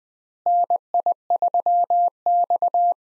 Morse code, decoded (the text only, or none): NI3X